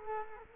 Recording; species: mosquito wingbeat signal from an infrared sensor; Culex quinquefasciatus